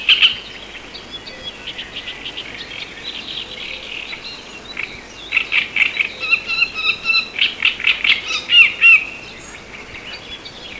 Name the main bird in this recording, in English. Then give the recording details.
Great Reed Warbler. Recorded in the wild. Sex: male. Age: adult. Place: Petershain, Niederlausitz, Sachsen, DE. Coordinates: 51.3167, 14.7514. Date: 1963-06-10. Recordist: Meyer, Hugo. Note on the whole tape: Männchen: Gesang